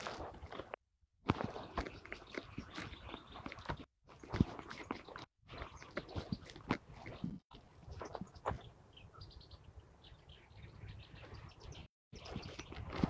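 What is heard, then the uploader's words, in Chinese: Birds chirp in short bright bursts over a busy, rustling outdoor bed with footstep-like crunches, broken by several abrupt moments of total silence. 沙河北岸鸟鸣记录。多种鸟类的叫声和自然的声音。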